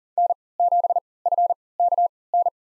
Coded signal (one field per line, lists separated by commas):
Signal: Morse code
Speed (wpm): 38 wpm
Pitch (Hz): 700 Hz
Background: none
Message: N7FKN